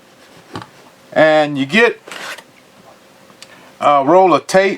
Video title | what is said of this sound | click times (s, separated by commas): Oneleaf Digital Night Vision Commander NV100 Review | twist it and it locks in place. | 0.6 s